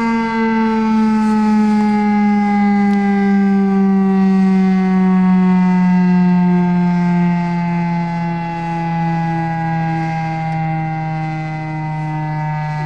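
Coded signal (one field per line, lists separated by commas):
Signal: siren signal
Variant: STH-10 mechanical siren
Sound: loud steady siren wail with rich harmonics, slowly sliding lower in pitch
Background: outdoor ambience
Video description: This is the Monday noon test of our local fire station's siren.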